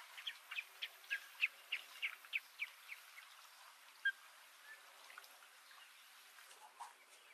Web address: Nature Songs N America Songs of Birds of North America Western USA Songbirds -Osprey